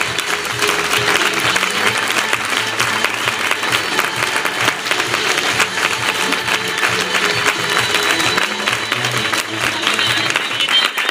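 A crowd at an award event applauds the speaker's parents steadily throughout, dense overlapping claps forming a loud, sustained wash of noise with no break and no voices standing out.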